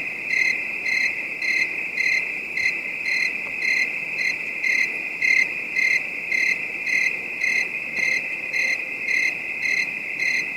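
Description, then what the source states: Cricket calls, high pulsed chirps near two per second, slightly uneven, over a dense insect drone. Calm, distant night bed of high-pitched crickets.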